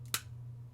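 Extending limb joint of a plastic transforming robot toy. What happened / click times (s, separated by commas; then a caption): The plastic joint clicked into its extended, locked position / 0.1 s. The second arm section of a plastic Warbotron Air Burst transforming robot toy, a third-party Combaticon Blast Off, is tugged until it extends fully and locks with a small, sharp click at 0.1 s, after a faint tick just before it. A steady low hum continues underneath, and the limb seats in its extended position.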